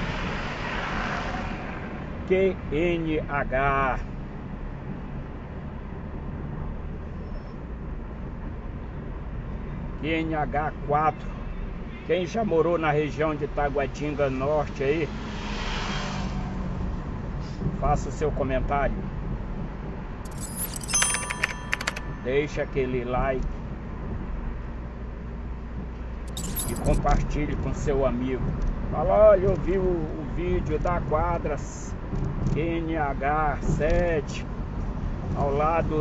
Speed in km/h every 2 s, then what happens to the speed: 37, 40, 44, 44, 44, 44, 42, 42, 42, 41, 42, 44, 45, 45, 43, 39, 38, 40.
0-4 speeds up to 44. 4-27 steady at about 44. 27-31 slows to 38.